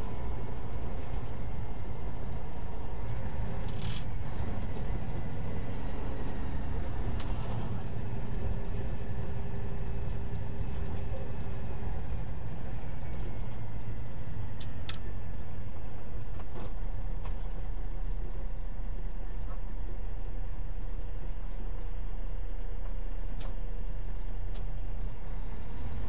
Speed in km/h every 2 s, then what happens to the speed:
47, 47, 45, 42, 40, 37, 32, 24, 18, 15, 8, 5, 8.
0-21 slows to 5.